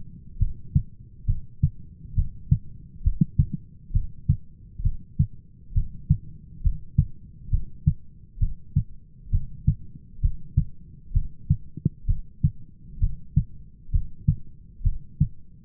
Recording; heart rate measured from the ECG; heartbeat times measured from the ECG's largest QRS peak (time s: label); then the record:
heart sounds by stethoscope; 66 bpm
0.40 s: heartbeat
1.28 s: heartbeat
2.17 s: heartbeat
3.05 s: heartbeat
3.94 s: heartbeat
4.84 s: heartbeat
5.75 s: heartbeat
6.64 s: heartbeat
7.52 s: heartbeat
8.41 s: heartbeat
9.32 s: heartbeat
10.23 s: heartbeat
11.14 s: heartbeat
12.08 s: heartbeat
13.01 s: heartbeat
13.93 s: heartbeat
14.85 s: heartbeat
From the record:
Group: heart failure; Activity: rest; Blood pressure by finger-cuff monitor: 129/89 mmHg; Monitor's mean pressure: 103 mmHg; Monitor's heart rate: 67 bpm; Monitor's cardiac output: 6.2 L/min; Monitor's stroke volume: 92 mL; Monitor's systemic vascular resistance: 1230 dyn s/cm5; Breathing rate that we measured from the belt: 17 breaths a minute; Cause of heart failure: idiopathic cardiomyopathy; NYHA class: 1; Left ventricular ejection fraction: 50%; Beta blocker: bisoprolol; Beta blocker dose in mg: 5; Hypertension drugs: candesartan, spironolactone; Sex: male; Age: 54 years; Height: 180 cm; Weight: 94.6 kg